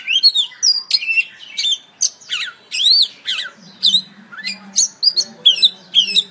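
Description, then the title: Oriental magpie-robin song, a rapid, almost continuous series of looping whistled notes sweeping up and down. "Kicau Kacer"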